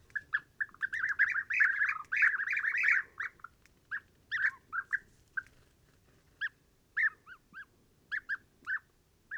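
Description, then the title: European bee-eaters calling, a busy burst of overlapping rolling notes in the first three seconds, then spaced single and double calls. Pre-migration roost gathering in a very large acacia, Oasis Mayateg, Adrar, Mauritania, 22 February 2019, recorded in the evening and at morning waking; Tlp7 and MixPre 3. "Dortoir de Guêpier d'Europe - Mauritanie"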